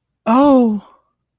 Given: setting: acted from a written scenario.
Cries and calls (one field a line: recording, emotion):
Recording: vocal sound without words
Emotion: adoration